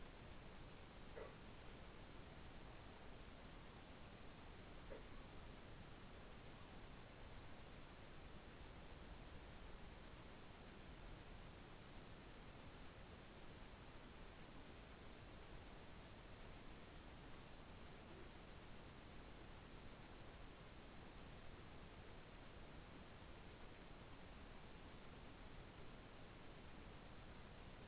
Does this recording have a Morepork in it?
no